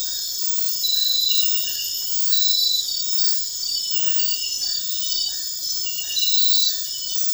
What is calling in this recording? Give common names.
none